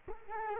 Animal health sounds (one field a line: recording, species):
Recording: mosquito wingbeat signal from an infrared sensor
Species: Culex quinquefasciatus